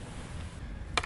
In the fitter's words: When you push it down, you'll hear a click.